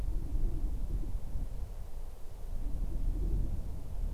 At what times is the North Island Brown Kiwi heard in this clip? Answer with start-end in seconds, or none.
none